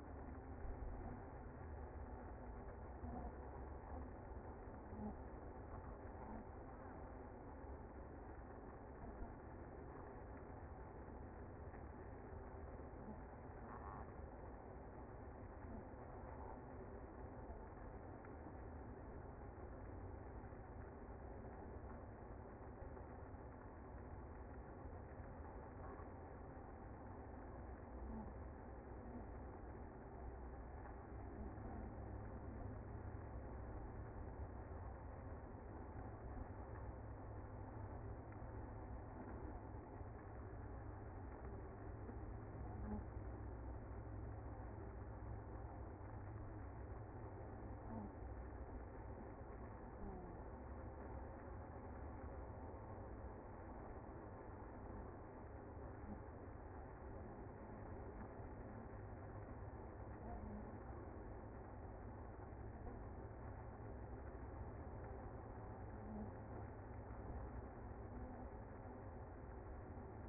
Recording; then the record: honeybee colony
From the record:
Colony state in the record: active